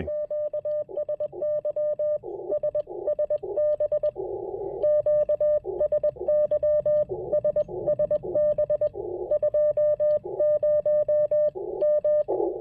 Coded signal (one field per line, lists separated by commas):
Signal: Morse code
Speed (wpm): 20 wpm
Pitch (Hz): 590 Hz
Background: radio noise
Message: QSY SSB QSY SSB 20 M